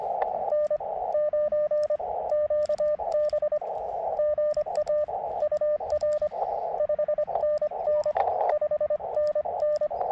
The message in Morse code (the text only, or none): N9QB GA UR 5NN 5NN